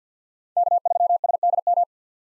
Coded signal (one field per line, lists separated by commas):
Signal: Morse code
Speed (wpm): 50 wpm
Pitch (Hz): 700 Hz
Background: none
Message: K3SDM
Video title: 2023 POTA Hunter Call Signs - 50wpm